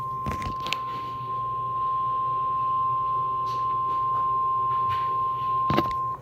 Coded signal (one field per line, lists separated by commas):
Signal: Emergency Alert System (SAME) tones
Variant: 1050 Hz attention tone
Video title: EAS Alerts #83-92: 11 Colorado Alerts which includes a Double Header EAS (6/19/2018)